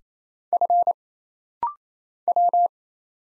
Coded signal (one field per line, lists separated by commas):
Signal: Morse code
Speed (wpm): 27 wpm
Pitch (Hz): 700 Hz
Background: none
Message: F W